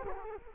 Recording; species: mosquito wingbeat signal from an infrared sensor; Culex quinquefasciatus